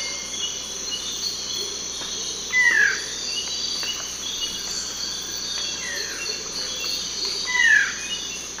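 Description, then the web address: Plain-winged antshrike calling: a few short whistled notes sliding downward, over a constant high buzz of insects. "Natures Songs S America Eastern Lowlands. Thamnophilus schistaceus, call"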